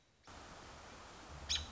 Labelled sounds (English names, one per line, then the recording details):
American Robin
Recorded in Sonoma County, California